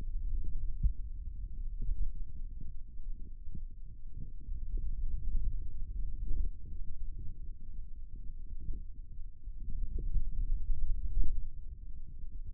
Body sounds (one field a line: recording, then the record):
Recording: forearm muscle sounds (acoustic myography)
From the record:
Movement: finger pinch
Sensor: system 2, bracelet of six BSWA MPA416 microphones around the upper forearm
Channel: 3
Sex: male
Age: 22 years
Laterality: right